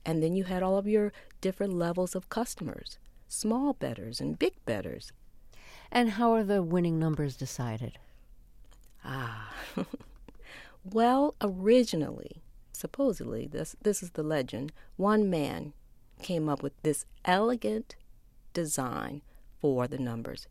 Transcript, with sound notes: And then you had all of your different levels of customers - small bettors and big bettors.
And how are the winning numbers decided?
Ah (laughter). Well, originally, supposedly - this is the legend - one man came up with this elegant design for the numbers.